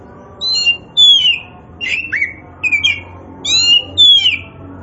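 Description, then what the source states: Oriental magpie-robin song of short, bright whistled phrases, each with sliding and down-slurred notes, given in quick succession with brief gaps. Kacer poci variety of Oriental magpie-robin, singing vigorously (gacor).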